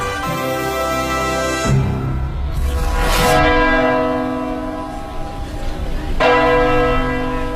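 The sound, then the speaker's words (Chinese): A large campus clock bell rings out in slow, resonant strikes, each one blooming into a long humming tone with rich overtones that overlap as the next strike lands. “伴随着清脆悦耳的校园钟声，女大学生泰丽从睡梦中睁开双眼”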